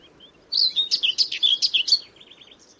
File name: Fauvette grisette